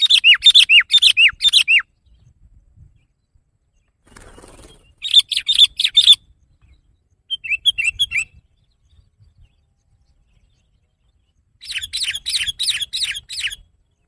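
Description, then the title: Sooty-headed bulbul singing loud phrases of rapid, slurred falling notes in several bursts, with pauses between them. "kutilang"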